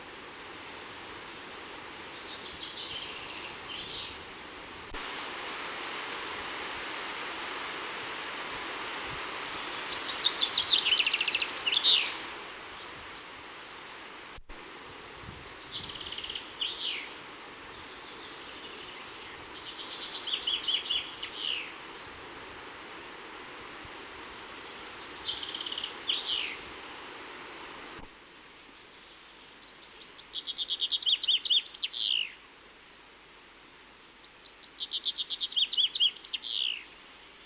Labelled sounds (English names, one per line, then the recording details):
Common Chaffinch song
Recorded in the wild
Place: Oberstdorf, Bayern, DE
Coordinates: 47.446, 10.3002
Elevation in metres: 953
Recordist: Tretzel, Erwin